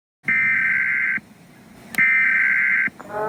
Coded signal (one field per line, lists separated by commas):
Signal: Emergency Alert System (SAME) tones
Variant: header bursts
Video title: EAS Scenario 1: Charizard